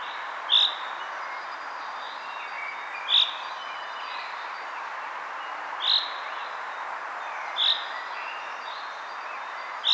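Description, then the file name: Common chaffinch giving short, sharp single call notes, repeated every few seconds, over a steady broad background hiss. "Fringilla coelebs"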